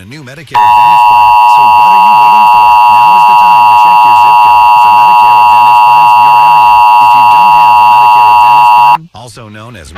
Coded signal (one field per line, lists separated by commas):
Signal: Emergency Alert System (SAME) tones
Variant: 853 and 960 Hz attention tone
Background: speech